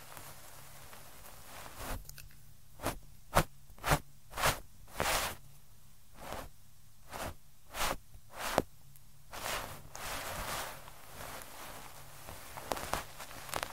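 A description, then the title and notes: Ear cleaning sounds: a run of short, sharp scratchy strokes from about two to nine seconds, some louder than others, over a steady low hum. After that comes a softer, continuous rubbing rustle, with a few more crisp taps near the end. ASMR EXTREMELY TINGLY Ear Cleaning Sounds.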